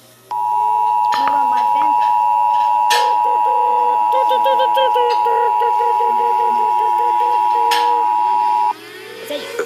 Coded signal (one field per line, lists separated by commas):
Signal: Emergency Alert System (SAME) tones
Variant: 853 and 960 Hz attention tone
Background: speech